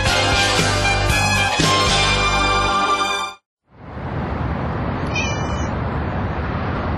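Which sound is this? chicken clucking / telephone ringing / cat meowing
cat meowing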